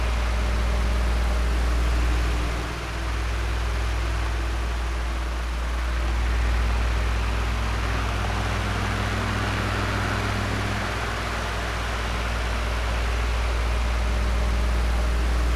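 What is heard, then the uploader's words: An oscillating desk fan blows with a dense, steady rush of air and a strong low hum underneath. The sound stays nearly constant throughout, with slight slow swells in loudness and a brief dip near three seconds as the fan sweeps. Oscillating Desk Fan White Noise.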